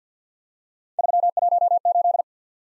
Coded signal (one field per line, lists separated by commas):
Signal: Morse code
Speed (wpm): 51 wpm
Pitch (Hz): 700 Hz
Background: none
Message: 318